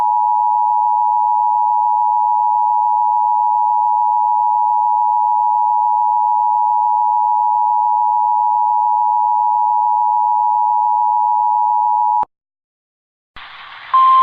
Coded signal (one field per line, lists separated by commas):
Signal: Emergency Alert System (SAME) tones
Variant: 853 and 960 Hz attention tone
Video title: eas alert AT Yusi, KL